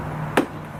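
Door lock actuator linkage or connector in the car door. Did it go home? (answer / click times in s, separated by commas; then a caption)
yes / 0.4 s. A part of the aligned door lock assembly, a lock actuator linkage or connector inside a car door, is pushed in while everything is connected back together. A single sharp click sounds at 0.4 s over a steady low hum. The part locks in place.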